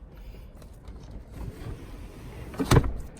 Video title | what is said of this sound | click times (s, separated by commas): SOLD: 2012 Chevrolet Traverse LT - 2 Owner - Certified Clean CarFax - AZ Car - Nice!! | of room to put stuff in here if you want to put the seats up and just grab right here you hear them pop into place and then | 2.7 s